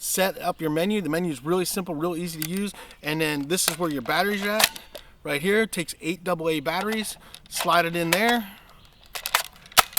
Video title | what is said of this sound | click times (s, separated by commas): Lets talk trail cameras!!#wosodatrailcamera #tascotrailcamera #trailcamera | locks into place and this thing is good to go | 10.0 s